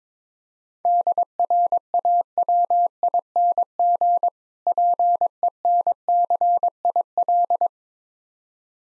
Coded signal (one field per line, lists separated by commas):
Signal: Morse code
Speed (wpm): 22 wpm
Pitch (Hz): 700 Hz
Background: none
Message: DRAWING PENCIL